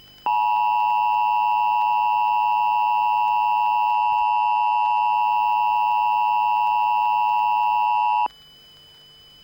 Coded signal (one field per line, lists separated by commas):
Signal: Emergency Alert System (SAME) tones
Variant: 853 and 960 Hz attention tone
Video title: 1/16/2025 Valleyview LEW (eas mock)